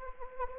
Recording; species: mosquito wingbeat signal from an infrared sensor; Anopheles gambiae